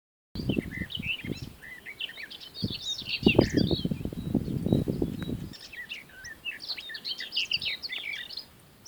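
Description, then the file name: Garden warbler singing a long, fast, rich warble of varied mellow notes, continuing with brief pauses, over low rumbling wind noise in the first two-thirds. Recorded at Nederweert-Kwegt, Netherlands, on 4 May 2019, during a birding excursion. "Tuinfluiter 1 Nederweert-Kwegt"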